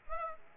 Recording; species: mosquito wingbeat signal from an infrared sensor; Aedes aegypti